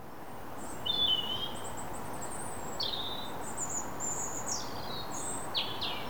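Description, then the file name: European robin delivering varied high-pitched thin notes and falling slurred whistles in short bursts, with a continuous low hum behind. "Erithacus rubecula"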